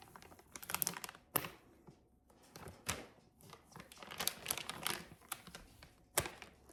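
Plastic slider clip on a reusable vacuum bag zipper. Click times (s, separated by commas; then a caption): 0.8 s, 0.9 s, 1.4 s, 4.3 s, 4.5 s, 6.2 s. A plastic slider clip is pushed onto the zipper of a reusable vacuum bag and run across it a few times, clamping the seal shut tight. Bursts of crinkly plastic rustle and sliding come with sharp clicks at 0.8, 0.9, 1.4, 4.3, 4.5 and 6.2 seconds as the clip seats and clamps down.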